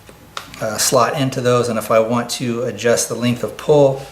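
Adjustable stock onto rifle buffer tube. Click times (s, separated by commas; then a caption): 0.4 s. An adjustable rifle stock is pushed onto the buffer tube with its adjustment pin pulled up, and the pin slots into the position holes with a sharp click at 0.4 s. The stock is seated on the tube. Afterward someone talks.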